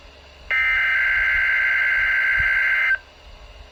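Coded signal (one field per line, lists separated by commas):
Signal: Emergency Alert System (SAME) tones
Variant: header bursts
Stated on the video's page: NOAA Weather Radio required weekly test from Baltimore station, received on a Midland WR-120EZ weather radio; test postponed due to maintenance and software problems.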